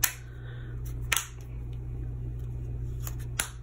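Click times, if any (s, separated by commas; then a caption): 0.0 s, 1.1 s, 3.1 s, 3.4 s. A plastic back cover is pressed onto the edge of a ZTE Blade T2 Lite budget smartphone, and its retaining clips snap into place. Sharp snaps land at 0.0, 1.1, 3.1 and 3.4 seconds over a low steady hum. The cover is seated firmly on the phone body.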